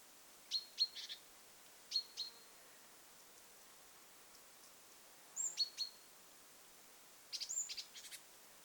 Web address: paivat 21 7 2026 kuvien nuori talitiainen aantelee